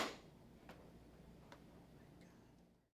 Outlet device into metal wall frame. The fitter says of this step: Snap your device into the metal frame. You should hear a significant snap.